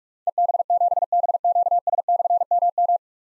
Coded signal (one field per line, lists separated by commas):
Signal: Morse code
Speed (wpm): 44 wpm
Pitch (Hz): 700 Hz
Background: none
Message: EB7BQS/MM